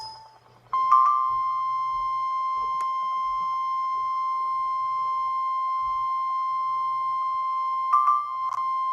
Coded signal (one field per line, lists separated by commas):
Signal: Emergency Alert System (SAME) tones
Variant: 1050 Hz attention tone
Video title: EAS Compilation: 4 T-Storm Watches/18 T-Storm Warnings | NOAA Weather Radio (4/12/2014)